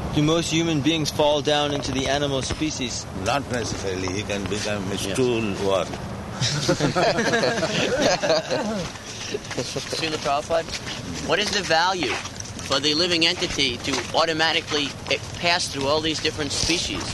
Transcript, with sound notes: Do most human beings fall down into the animal species?
Not necessarily. He can become a stool worm. [laughter]
Śrīla Prabhupāda, what is the value for the living entity to automatically pass through all these different species?